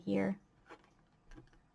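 Someone talks briefly as a plastic model kit part is fumbled against its socket on the figure or stand, making a few faint ticking contacts. The part fails to fit, and nothing has seated or clicked yet.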